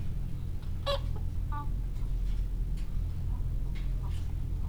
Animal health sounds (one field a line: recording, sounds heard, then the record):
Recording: poultry house recording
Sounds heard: sick chickens (respiratory disease)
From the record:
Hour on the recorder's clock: 17